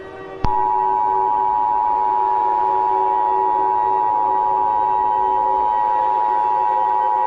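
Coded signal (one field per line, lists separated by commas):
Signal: Emergency Alert System (SAME) tones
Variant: 853 and 960 Hz attention tone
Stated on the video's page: Fictional EAS scenario.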